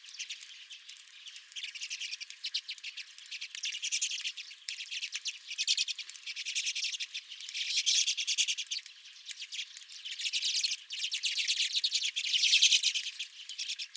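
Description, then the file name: Redpoll flock chattering steadily, rapid high buzzy notes and trills swelling and fading in waves. Several redpolls at the recordist's own bird feeder. "Redpolls at My Feeder"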